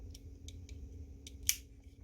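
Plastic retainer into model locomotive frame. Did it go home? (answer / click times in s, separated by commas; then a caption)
yes / 1.5 s. The second plastic retainer is pushed up into the frame of an HO-scale Kato NW2 model locomotive, with a few faint small ticks as it is worked into place. A sharp, bright pop at 1.5 s marks the moment it seats, and it is then held firmly in place.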